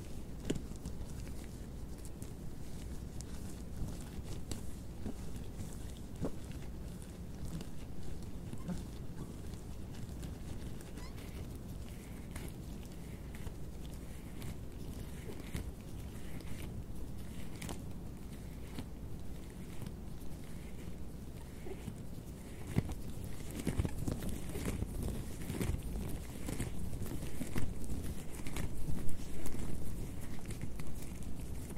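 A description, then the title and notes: Latex gloves rub and stretch as hands move, making a dense run of soft squeaks, snaps and crinkles throughout. The handling stays busy and irregular, with a low rumble underneath, and grows louder and rougher in the last third. ASMR LATEX GLOVES SOUNDS AND HAND MOVEMENTS - NO TALKING - GLOVES SCRATCHING, RUBBER GLOVE.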